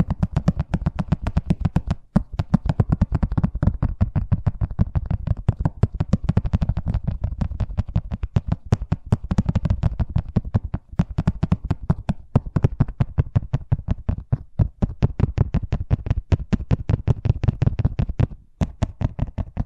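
Fast tapping runs almost without a break for the whole stretch, a dense stream of sharp, dry knocks with a low, thumpy body. The rhythm is quick but uneven, bunching and thinning slightly, with brief pauses near two and eighteen seconds.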